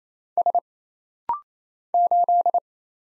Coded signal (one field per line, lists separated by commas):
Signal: Morse code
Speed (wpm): 28 wpm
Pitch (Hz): 700 Hz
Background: none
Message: S 8